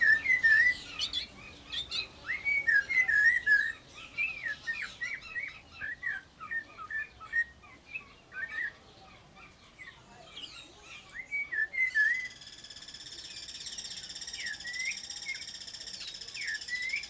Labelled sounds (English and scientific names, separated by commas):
Guira Cuckoo (Guira guira) call